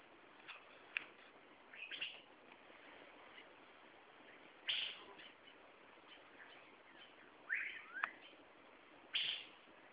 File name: Irene Puella Calls